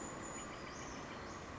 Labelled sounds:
Brown Creeper
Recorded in Sonoma County, California

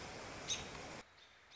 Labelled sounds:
American Robin
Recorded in Sonoma County, California

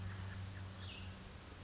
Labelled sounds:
Cassin's Vireo
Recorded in Sonoma County, California

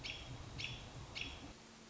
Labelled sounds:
American Robin
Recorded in Sonoma County, California

